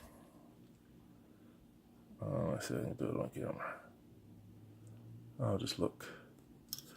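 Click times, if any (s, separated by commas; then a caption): 6.7 s. A tiny plastic magazine clip is pushed into an action figure's toy rifle, and it clicks right in. Someone talks over a quiet background, then a sharp click is heard at 6.7 s as the clip seats.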